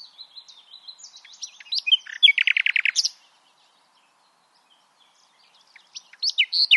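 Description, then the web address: Common nightingale song: soft whistled notes building into a loud, rapid series of repeated sharp chirps, a pause of silence, then another burst of varied phrases. "SETE Luscinia megarhynchos"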